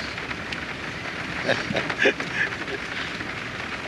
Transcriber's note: laughs